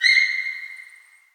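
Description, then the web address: Sika deer giving one shrill, whistle-like call, loud at the start and steadily fading over about a second, with clear overtones and no other sounds. Wild Yezo sika deer in Hokkaido. "Google Sounds Sound Matters. Yezo deer in wild hokkaido"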